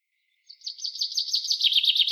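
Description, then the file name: Common chaffinch song: a bright run of repeated chirpy notes that gradually drops in pitch, starting after a brief silence. "Fringilla coelebs"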